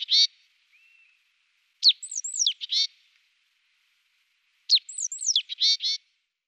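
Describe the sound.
Great tit phrases of sharp, high slurred notes followed by short repeated chips, delivered twice about three seconds apart against silence.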